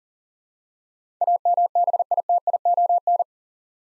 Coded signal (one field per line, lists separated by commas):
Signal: Morse code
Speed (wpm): 39 wpm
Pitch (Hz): 700 Hz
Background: none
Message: AMBITION